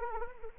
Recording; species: mosquito wingbeat signal from an infrared sensor; Anopheles arabiensis